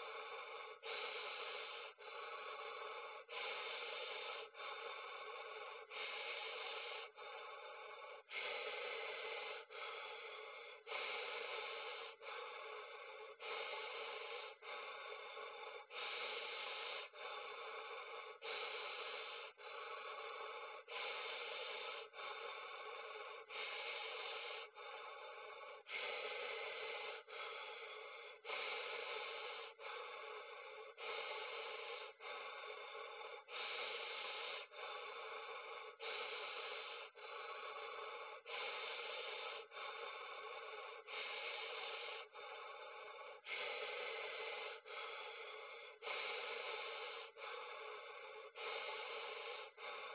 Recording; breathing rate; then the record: paced breathing near a phone; 24 breaths a minute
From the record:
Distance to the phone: 40 cm